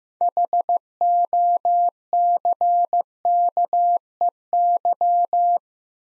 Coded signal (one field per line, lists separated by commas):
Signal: Morse code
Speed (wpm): 16 wpm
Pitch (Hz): 700 Hz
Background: none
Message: HOCKEY